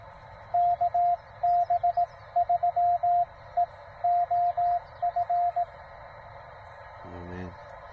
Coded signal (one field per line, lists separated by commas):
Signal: Morse code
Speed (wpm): 18 wpm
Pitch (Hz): 690 Hz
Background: radio noise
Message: KB3EOF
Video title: 7 June Parks on the Air in CW